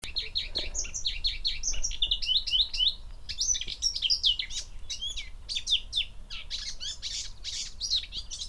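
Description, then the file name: Eurasian blackcap song: dense, hurried warbling with scratchy and whistled notes over steady background hiss. "Sylvia atricapilla"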